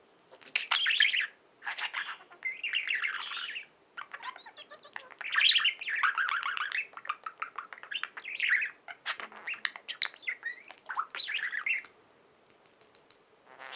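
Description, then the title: Budgerigar warbling continuously, a busy mix of clicks, buzzy trills and squeaky chirps in bursts over about twelve seconds, then stopping. "Budgie Sounds"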